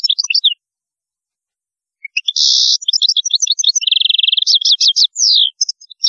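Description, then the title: European goldfinch singing brief twitter, then after a pause a lively song with a harsh buzz, a rapid trill and sweeping high notes. "Chant Chardonneret"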